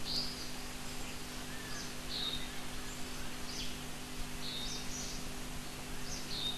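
Asian fairy-bluebird giving brief high whistled notes, repeated irregularly, faint against constant low humming noise.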